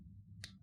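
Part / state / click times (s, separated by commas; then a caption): screw cap on a liquid cosmetic bottle / seated / 0.4 s. A screw cap is screwed onto a liquid eyeshadow bottle until it clicks shut at 0.4 s, a short sharp click over a low background hum. The click shows the cap is seated and airtight so the liquid will not dry out.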